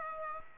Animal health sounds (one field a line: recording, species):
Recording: mosquito wingbeat signal from an infrared sensor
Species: Aedes aegypti